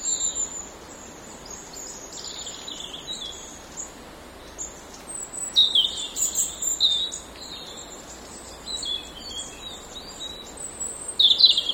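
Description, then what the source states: European robin song: thin, high, varied warbling phrases in short bursts with pauses, over a steady low rushing background. Recorded beside a mill stream on 10 November 2014 at 12:57.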